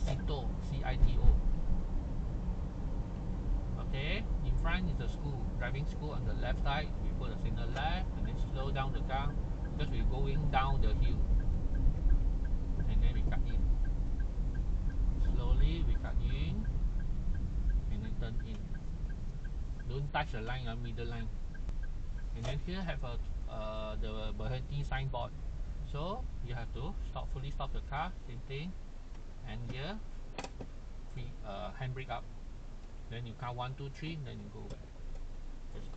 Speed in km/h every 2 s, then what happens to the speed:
36, 40, 41, 41, 41, 37, 30, 23, 18, 10, 10, 11, 12, 8, 0, 0, 0, 0.
0-9 steady at about 41. 9-18 slows to 10. 18-24 steady at about 10. 24-28 slows to 0. 28-36 standing.